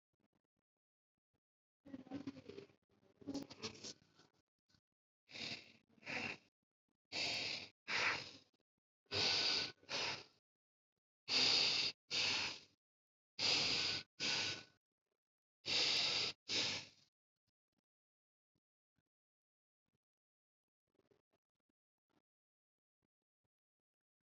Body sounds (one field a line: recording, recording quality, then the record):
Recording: shallow breathing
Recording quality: excellent, no background noise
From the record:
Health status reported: COVID-19 positive, mild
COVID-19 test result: positive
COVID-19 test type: RT-PCR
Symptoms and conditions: cough, diabetes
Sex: male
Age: 60 years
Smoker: no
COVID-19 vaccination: both doses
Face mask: not worn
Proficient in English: yes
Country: India